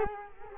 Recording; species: mosquito wingbeat signal from an infrared sensor; Culex quinquefasciatus